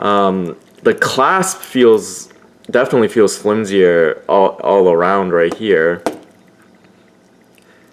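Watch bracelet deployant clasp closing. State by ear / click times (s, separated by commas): seated / 7.6 s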